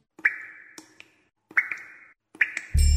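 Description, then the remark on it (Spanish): Water drips from a leaky tap in three slow, evenly spaced plinks, each a bright ringing plop that fades away, before a loud, low droning noise abruptly cuts in at the end. “Un grifo mal cerrado desperdicia 12 litros de agua por minuto.”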